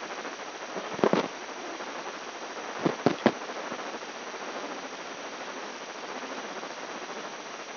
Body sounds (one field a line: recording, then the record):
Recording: brain microelectrode recording played as sound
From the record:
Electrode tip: inside the subthalamic nucleus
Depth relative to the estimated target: -4 mm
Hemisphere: left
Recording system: AlphaMap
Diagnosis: Parkinson's disease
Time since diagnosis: 10 years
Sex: male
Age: 58 years